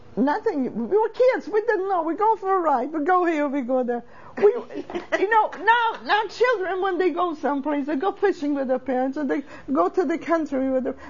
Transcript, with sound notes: Nothing. We were kids. We didn't know. We're going for a ride. We go here, we go there. (laughs) You know, now, children when they go someplace, they go fishing with their parents, or they go to the country with them.